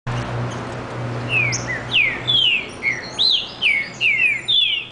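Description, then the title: Green-winged saltator singing a bright phrase of several downslurred and arched whistles over a steady low hum. Brazil. "trinca ferro"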